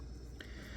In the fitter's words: When you're good with that, you're going to pull it to the one and only click, and you can now set your time.